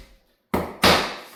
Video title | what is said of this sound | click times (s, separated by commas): How to Cut Flooring Perfectly Around Door Trim. | HEAR THE CLICK? | 0.5 s